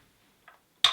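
A plastic accessory, a canister or weapon, is pressed into a slot on a vintage plastic toy helicopter, where small retaining bumps hold it in place. After a faint tick at about 0.5 seconds, a single sharp, loud click comes at 0.9 seconds as the accessory pops in and seats.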